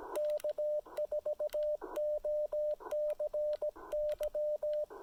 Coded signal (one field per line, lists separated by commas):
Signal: Morse code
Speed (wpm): 17 wpm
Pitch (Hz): 600 Hz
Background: radio noise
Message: K4OCY